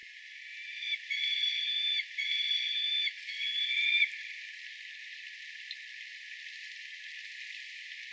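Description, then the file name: Peregrine falcon giving three drawn-out harmonic calls over about three seconds, then only quiet background hiss. Calls recorded at Date on 19 May 2013. "hayabusa date"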